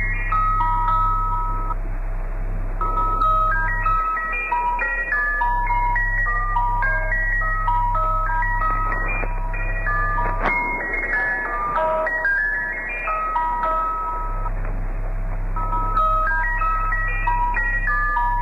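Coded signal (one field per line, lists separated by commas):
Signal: numbers station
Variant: Swedish Rhapsody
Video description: The numbers station featured in this is called The Swedish Rhapsody.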